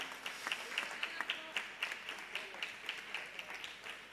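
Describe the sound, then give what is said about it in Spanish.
A concert audience at Patio Sonoro of the Centro de Arte Sonoro, Casa Nacional del Bicentenario, Buenos Aires, applauds steadily, a dense wash of many hands clapping at an even, moderate level for several seconds with no voices standing out. “Por favor, un fuerte aplauso y ….”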